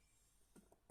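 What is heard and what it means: A black plastic oil nozzle is handled at its fitting on a deck washer, with faint scraping and soft knocks near 0.6 s and 0.7 s and a sharp sound as the clip cuts off at 0.9 s. Nothing has seated or clicked yet.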